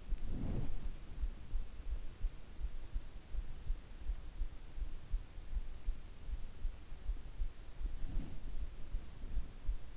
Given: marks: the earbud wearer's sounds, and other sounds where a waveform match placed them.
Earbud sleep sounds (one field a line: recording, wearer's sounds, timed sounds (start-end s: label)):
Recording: sounds in sleep by an in-ear microphone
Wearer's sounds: body movement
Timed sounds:
0.00-2.11 s: body movement
7.93-8.88 s: body movement